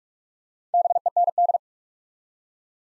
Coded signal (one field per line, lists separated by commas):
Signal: Morse code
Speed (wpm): 44 wpm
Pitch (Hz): 700 Hz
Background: none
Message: BEND